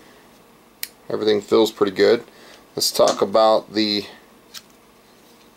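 A folding leg of an Optimus Polaris multi-fuel camping stove is handled as it is about to be pushed into its locked position on the stove body, with someone talking over it. A sharp tick sounds at 0.8 s and a fainter one at 4.6 s, but the leg has not clicked or seated into place yet.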